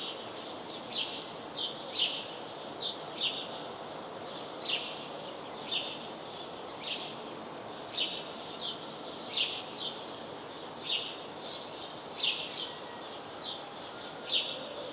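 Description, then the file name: House sparrow chirps, sharp, bright notes repeated at short intervals, with a continuous high, hissing chatter in the background. "Passer domesticus"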